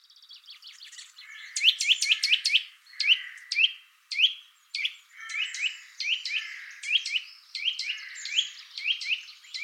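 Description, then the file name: Eurasian nuthatch giving rapid series of sharp, upward-sweeping whistled notes, several per second, with some higher ticking notes mixed in. "Sitta europaea"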